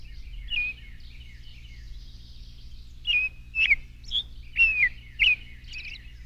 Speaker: Now we are listening to the oriole.